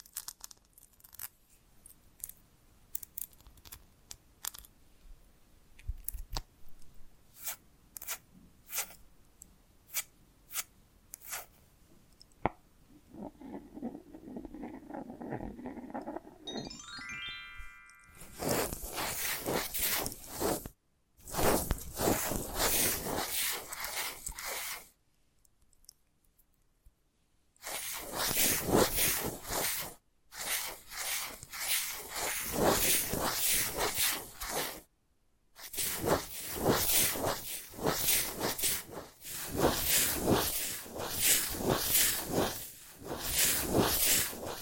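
Invisible tapping, scratching and tracing. For the first twelve seconds, sharp, sparse taps land over a quiet background. A rising chirp near seventeen seconds gives way to dense, bright scratching that runs in long bursts, broken by abrupt silences around 21, 25, 30 and 35 seconds.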